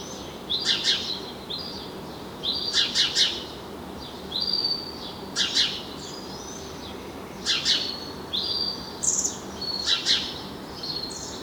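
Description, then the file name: House sparrow chirping: loud clusters of two or three harsh chirps repeated every few seconds, with thin whistled notes between them. "Passer domesticus"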